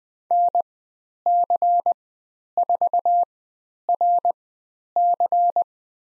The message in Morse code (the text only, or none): NC4RC